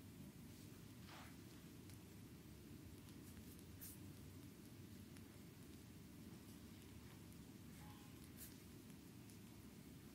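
A back and shoulder massage on a chair comes through as a steady, dense low rumble and rustle that stays at an even level throughout. A few brief, brighter scrapes or ticks cut through near the first, fourth and eighth seconds.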